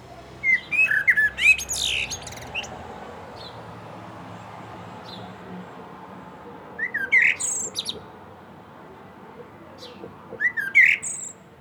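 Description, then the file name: Common blackbird song: three brief fluty phrases with squeaky endings, spaced several seconds apart over a steady background hiss. "Turdus merula"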